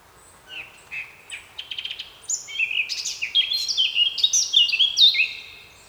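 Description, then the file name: Eurasian blackcap song: a few quiet notes and rapid buzzy chatter leading into a loud, melodious run of clear whistled phrases. "Sylvia atricapilla"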